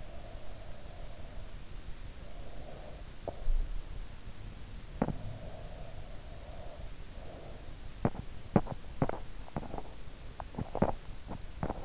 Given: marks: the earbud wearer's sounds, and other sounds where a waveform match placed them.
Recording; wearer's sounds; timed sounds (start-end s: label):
sounds in sleep by an in-ear microphone; breath, teeth grinding
0.00-3.02 s: breath
5.02-5.25 s: teeth grinding
5.25-7.54 s: breath
8.00-11.85 s: teeth grinding